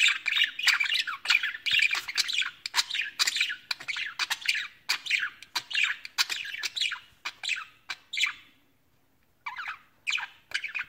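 Budgerigar scratchy chatter, fast warbled squawks that break off into a short silence near the end before a few more notes resume.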